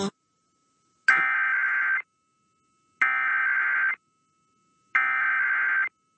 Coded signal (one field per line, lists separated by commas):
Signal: Emergency Alert System (SAME) tones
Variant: header bursts